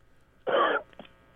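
An adult's imitated cough: a single rough, harsh burst, faked as if calling in sick.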